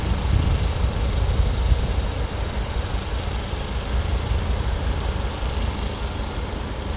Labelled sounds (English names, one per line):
none